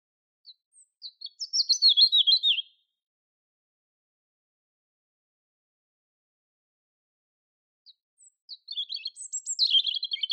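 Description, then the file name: European robin giving two separate high, tumbling warbled phrases with quick descending notes, a long quiet gap between them, nothing else audible. "Erithacus rubecula"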